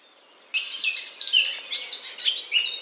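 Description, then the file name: Eurasian blackcap warbling song starting abruptly after a short quiet moment, then a rapid jumble of scratchy and whistled high notes until the end. "Sylvia atricapilla"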